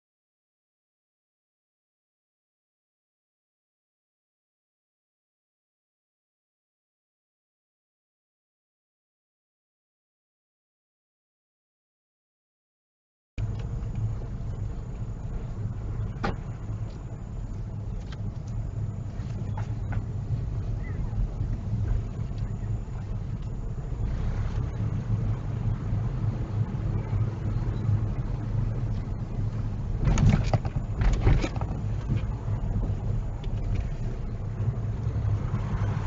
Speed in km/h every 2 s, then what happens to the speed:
0, 0, 3, 5, 8, 6, 8, 8, 6, 6, 8, 10, 13, 11, 8, 8, 10, 11.
0-3 standing. 3-7 pulls away to 8. 7-18 steady at about 6. 18-24 speeds up to 13.